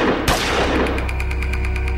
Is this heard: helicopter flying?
no